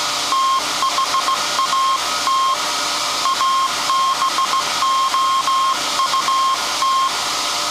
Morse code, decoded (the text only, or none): THAT ABOUT